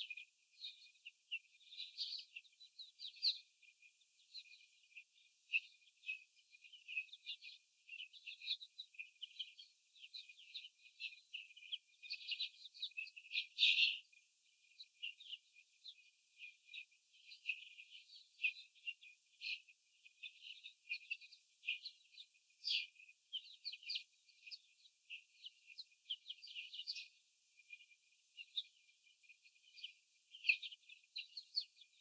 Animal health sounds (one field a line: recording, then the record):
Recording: young laying hens in a cage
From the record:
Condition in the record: after the stressor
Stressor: sudden umbrella opening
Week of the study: 3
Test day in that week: 2